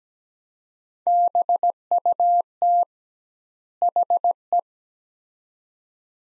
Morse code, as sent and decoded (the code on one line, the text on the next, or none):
-... ..- - / .... .
BUT HE